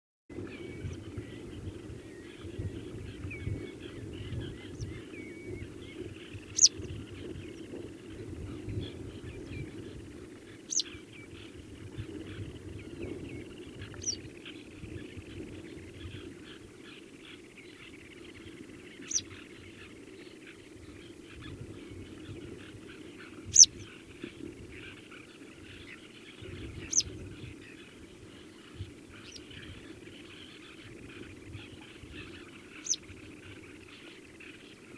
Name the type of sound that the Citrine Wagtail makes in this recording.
call